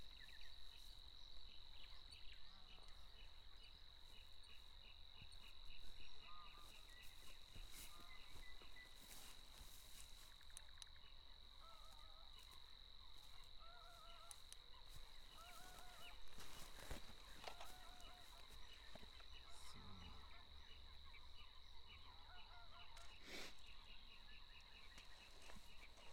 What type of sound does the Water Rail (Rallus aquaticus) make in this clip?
song